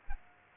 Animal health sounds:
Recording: mosquito wingbeat signal from an infrared sensor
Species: Aedes aegypti

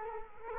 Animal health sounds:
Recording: mosquito wingbeat signal from an infrared sensor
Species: Culex quinquefasciatus

